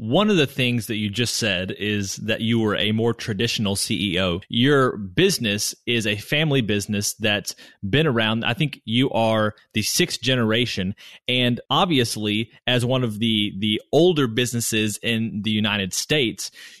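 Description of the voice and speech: A man asks an interview question in a steady, low-pitched voice with fluent, clear ordinary speech.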